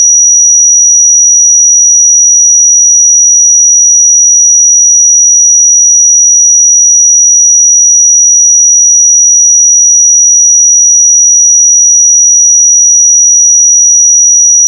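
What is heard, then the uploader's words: A pure 5811 Hz sine tone holds perfectly steady and bright for the whole clip, with no pauses, wavering, or background sound. 5811 Hz 1 Hz Interval Sine Pure Tone Frequency 441000 Sample Mono.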